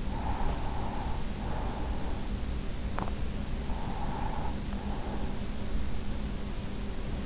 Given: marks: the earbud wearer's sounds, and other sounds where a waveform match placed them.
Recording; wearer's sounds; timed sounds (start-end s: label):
sounds in sleep by an in-ear microphone; breath
0.00-2.29 s: breath
3.49-5.66 s: breath